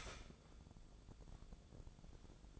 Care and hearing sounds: daily activity, microphone in the room; start toaster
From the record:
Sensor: 5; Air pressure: 1000.3 hPa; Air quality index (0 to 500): 129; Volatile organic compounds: 2 ppm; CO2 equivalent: 1021 ppm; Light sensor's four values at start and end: 77/180/76/82 and 77/180/76/82

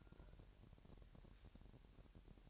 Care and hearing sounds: daily activity, microphone in the room; take from stove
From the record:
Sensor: 2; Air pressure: 1011.9 hPa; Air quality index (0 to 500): 188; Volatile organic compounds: 3 ppm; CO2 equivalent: 1340 ppm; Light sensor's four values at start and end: 72/172/70/67 and 72/171/70/67

